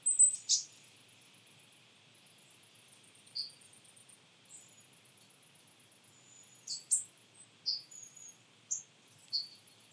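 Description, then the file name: Marsh tit calling with several scattered, sharp high notes against a repeated buzzy insect chirping. "Poecile palustris"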